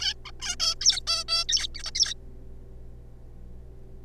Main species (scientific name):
Taeniopygia guttata